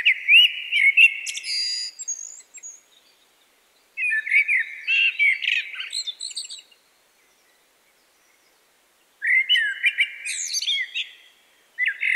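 Common blackbird singing several rich, whistled phrases with twittering, squeaky endings, separated by silent gaps.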